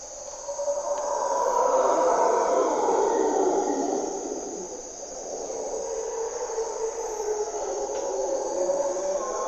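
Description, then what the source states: Mantled howler monkeys roar in two long waves, the first louder, the second building again, deep and raspy over a steady insect chorus. Monos congos waking the jungle at morning twilight in Parque Nacional Corcovado, Osa Peninsula, Costa Rica; primary hardwood forest and deep river valley echoes.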